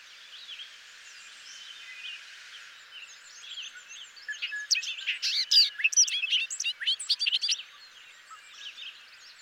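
Bobolink song: after faint background birdsong, a lively cascade of tinkling, metallic, bubbling notes pours out for about three seconds, then fades back to chatter.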